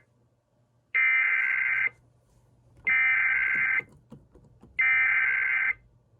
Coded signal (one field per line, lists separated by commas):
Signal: Emergency Alert System (SAME) tones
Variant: header bursts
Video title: EAS 1404-1405: Georgia Amber Alert